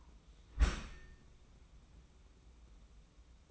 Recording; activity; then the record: daily activity, microphone in the room; close dishwasher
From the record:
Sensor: 1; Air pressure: 994.5 hPa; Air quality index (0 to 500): 218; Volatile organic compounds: 1000 ppm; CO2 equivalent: 7828 ppm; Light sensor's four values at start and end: 151/346/155/173 and 152/350/157/175